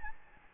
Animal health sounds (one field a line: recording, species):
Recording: mosquito wingbeat signal from an infrared sensor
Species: Aedes albopictus